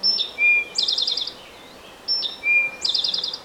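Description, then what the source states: Eastern towhee singing, a few clear whistled notes followed by a fast ringing trill, the phrase given twice. Song remembered by the mnemonic 'drink your tea'.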